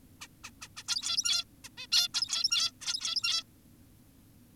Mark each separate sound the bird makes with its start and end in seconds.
0.21-0.28, 0.44-0.51, 0.62-0.68, 0.77-0.83, 0.88-1.44, 1.64-1.69, 1.78-1.87, 1.92-2.08, 2.14-2.72, 2.81-3.44